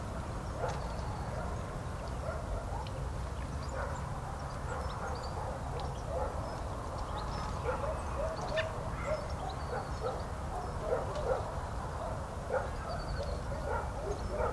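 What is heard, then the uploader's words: Birds call in a natural area, with many small chirps and short notes scattered through the whole stretch, mostly in the middle range and some brighter ones above. A steady low rumble of wind runs underneath, and one or two louder calls stand out near the end. Recorded by Luís Antero. Nature sounds from a natural classified area in central Portugal. Birds, wind, tranquility.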